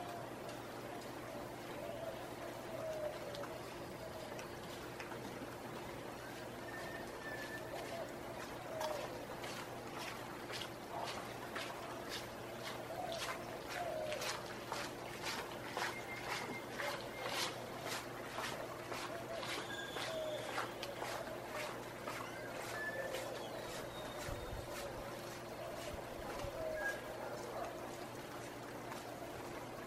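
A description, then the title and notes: Early morning on a balcony above the Placencia Sidewalk in Belize: a steady low hum, scattered chirps and sharp clicks, and faint voices throughout. Sounds from the Narrowest Main Street in the World. Early morning on the balcony overlooking what’s recognized to be the narrowest main street in the world – the Placencia Sidewalk in Belize.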